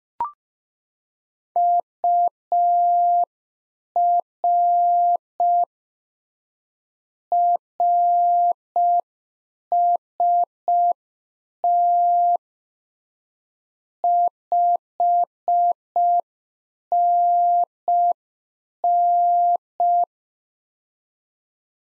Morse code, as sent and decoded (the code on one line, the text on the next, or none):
..- .-. / .-. ... - / ..... -. -.
UR RST 5NN